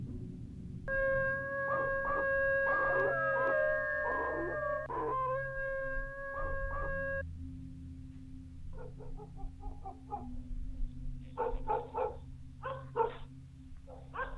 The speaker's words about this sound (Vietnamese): Ở bên ngoài cổng tự nhiên có tiếng chó tru lên 3 hồi. Sau đó bầy chó nó sủa nhấm nha nhấm nhặng.